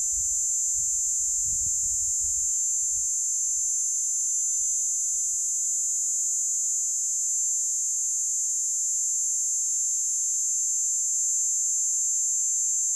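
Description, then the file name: P. plumosa calling, a continuous very high steady buzzing tone held without a break throughout, with faint low rumbles early on. Recorded on a farm. "P plumosa Paniel Farm"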